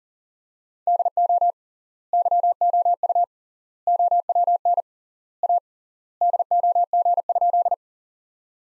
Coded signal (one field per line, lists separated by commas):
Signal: Morse code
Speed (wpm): 40 wpm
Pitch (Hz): 700 Hz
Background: none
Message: DO YOU OWN A DOG?